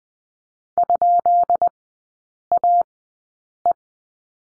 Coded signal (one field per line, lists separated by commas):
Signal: Morse code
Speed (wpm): 20 wpm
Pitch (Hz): 700 Hz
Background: none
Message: ?AE